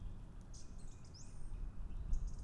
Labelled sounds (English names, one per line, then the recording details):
Song Thrush
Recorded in Germany
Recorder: ecoPi